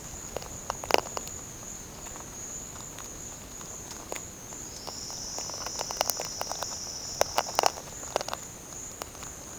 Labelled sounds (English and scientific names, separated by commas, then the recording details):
none
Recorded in pastures near Puerto Asís, Putumayo, Colombia, on 25 June 2025 at 12:00
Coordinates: 0.496, -76.326
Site GP01